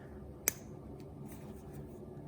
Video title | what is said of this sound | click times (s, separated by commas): Mi16 E05 Moottori irti | Siinä on tommonen jännä lukkoklipsi, millä se lukittuu paikalleen. | 0.5 s